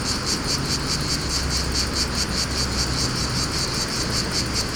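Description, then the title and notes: Cicada chorus of rhythmic buzzy pulses repeating a little over twice a second, with gusty wind and a low engine hum from passing traffic underneath. Cicadas in a pine wood at Fontvieille, France, during mistral wind, some traffic; two Shure BG 4.0 microphones, DIY windshield, Tascam DA-P1 DAT recorder, excerpt from CD-R copy. "Fontvieille, France - Mistral et cigales. Le Mistral dans la pinède les cigales et insectes au sol , quelques bruits de circulation"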